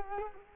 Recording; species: mosquito wingbeat signal from an infrared sensor; Culex quinquefasciatus